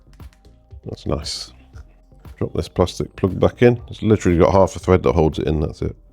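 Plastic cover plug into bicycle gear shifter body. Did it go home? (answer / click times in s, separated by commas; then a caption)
no / none. A small plastic cover plug is dropped back into a bicycle gear shifter body and turned on its half thread while someone talks. A few faint ticks and taps of handling are heard, but nothing has seated or clicked yet.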